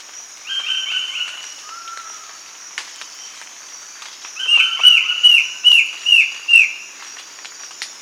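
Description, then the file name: Bird calls in two bursts, first a few slurred whistles, then a quick series of six clear repeated notes, each dropping slightly in pitch. "SABIOD 50 bird 2015"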